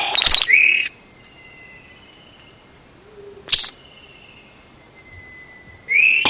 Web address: vogelkop bowerbird